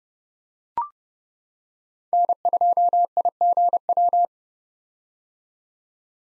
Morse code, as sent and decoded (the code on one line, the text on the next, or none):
-. ..--- .. --. .--
N2IGW